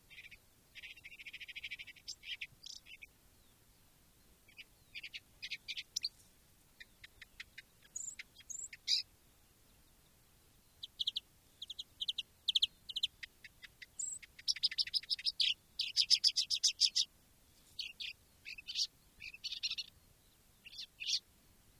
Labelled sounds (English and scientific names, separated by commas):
Marsh Warbler (Acrocephalus palustris)